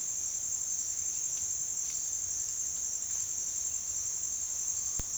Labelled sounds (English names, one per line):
none